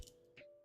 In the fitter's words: nice click again